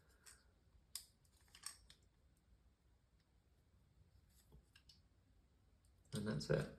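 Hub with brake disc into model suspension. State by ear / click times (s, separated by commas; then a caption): not seated / none. A plastic hub assembly with its brake disc, part 4A, is handled and lined up against the suspension of a DeAgostini diecast 2023 Red Bull RB19 F1 model, making small sharp taps near 1.0, 1.7 and 1.9 seconds and a louder burst of handling noise from about 6.1 seconds to the end. Someone talks briefly. The hub has not seated or clicked into place yet.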